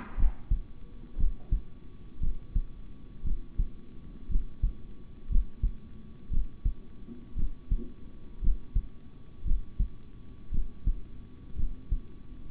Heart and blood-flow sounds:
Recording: heart sounds by stethoscope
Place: between the tricuspid and mitral areas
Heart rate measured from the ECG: 58 bpm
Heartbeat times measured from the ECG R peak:
0.16 s: heartbeat
1.17 s: heartbeat
2.20 s: heartbeat
3.23 s: heartbeat
4.28 s: heartbeat
5.29 s: heartbeat
6.30 s: heartbeat
7.35 s: heartbeat
8.41 s: heartbeat
9.44 s: heartbeat
10.51 s: heartbeat
11.56 s: heartbeat
From the record:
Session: rest, sitting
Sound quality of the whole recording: good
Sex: male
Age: 26 years

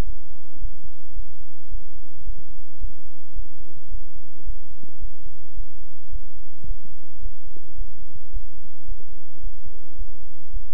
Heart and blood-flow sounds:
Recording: heart sounds by stethoscope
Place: between the tricuspid and mitral areas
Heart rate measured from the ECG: 109 bpm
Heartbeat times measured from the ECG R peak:
0.04 s: heartbeat
0.59 s: heartbeat
1.14 s: heartbeat
1.69 s: heartbeat
2.24 s: heartbeat
2.79 s: heartbeat
3.34 s: heartbeat
3.89 s: heartbeat
4.44 s: heartbeat
4.99 s: heartbeat
5.55 s: heartbeat
6.10 s: heartbeat
6.65 s: heartbeat
7.20 s: heartbeat
7.76 s: heartbeat
8.31 s: heartbeat
8.86 s: heartbeat
9.41 s: heartbeat
9.96 s: heartbeat
10.51 s: heartbeat
From the record:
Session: bicycle stress test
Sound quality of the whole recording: good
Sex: male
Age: 26 years

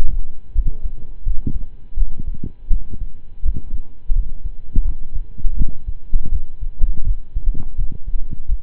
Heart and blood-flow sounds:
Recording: heart sounds by stethoscope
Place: between the tricuspid and mitral areas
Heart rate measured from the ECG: 83 bpm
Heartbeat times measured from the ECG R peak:
0.52 s: heartbeat
1.23 s: heartbeat
1.94 s: heartbeat
2.68 s: heartbeat
3.41 s: heartbeat
4.12 s: heartbeat
4.82 s: heartbeat
5.54 s: heartbeat
6.29 s: heartbeat
7.03 s: heartbeat
7.75 s: heartbeat
8.46 s: heartbeat
From the record:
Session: slow and fast walking with breaks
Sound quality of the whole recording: saturated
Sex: male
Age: 25 years

